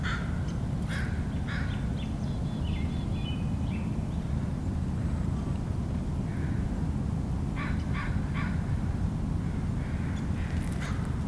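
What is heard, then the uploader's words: An outdoor recording at Magnuson Park in Seattle, with a steady low rumble running throughout. Over it, crows give short, harsh caws in scattered bursts, a few in the first three seconds, then more around eight seconds and again near the end. Recorded at Magnuson Park, Seattle.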